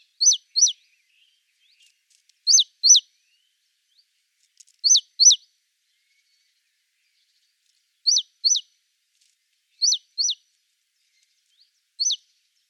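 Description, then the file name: Great tit calling with clipped high notes, mostly paired, repeating every couple of seconds over about twelve seconds, with nothing else audible. "Parus major"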